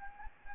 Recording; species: mosquito wingbeat signal from an infrared sensor; Anopheles gambiae